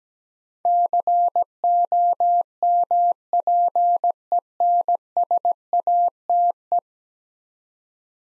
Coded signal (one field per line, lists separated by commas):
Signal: Morse code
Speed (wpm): 17 wpm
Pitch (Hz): 700 Hz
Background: none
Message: COMPENSATE